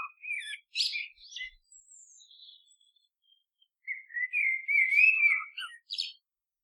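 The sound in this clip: Bird song: scattered sharp chirps and twitters, a quieter stretch, then a loud rising and falling whistled warble ending in a few quick notes.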